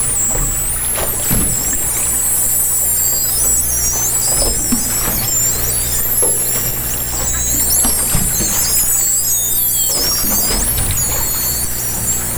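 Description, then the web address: Dolphin whistles, dense tangle of high swooping squeals with scattered click bursts throughout, over a constant low hum. Captured by hydrophone in 2010. "interspecies dolphin 2010 hydrophone"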